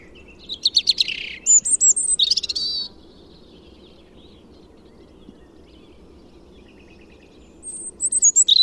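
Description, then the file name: European robin song: a thin, high warbled phrase of rapid trills and sliding whistles, a pause, then another phrase beginning near the end. "Erithacus rubecula"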